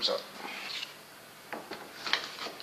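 Someone talks while handling a trim or body piece that shows a gap on a restored C15 car, with soft handling noises and a brief sharp knock around 2.1 s. The piece is being pressed toward its place, but nothing has seated or clicked yet.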